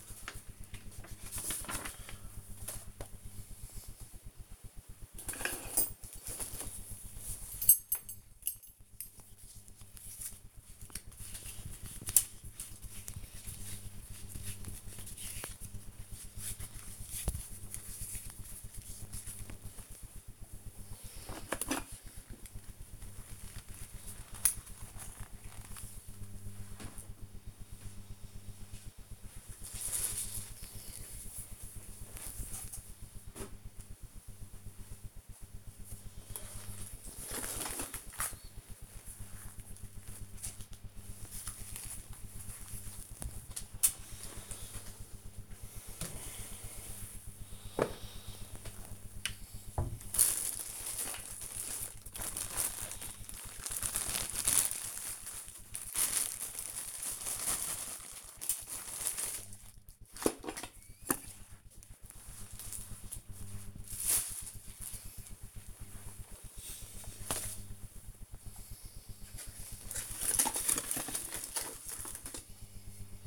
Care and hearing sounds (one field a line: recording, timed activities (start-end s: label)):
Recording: household activities, microphone on the right wrist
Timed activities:
0.00-73.27 s: sorting documents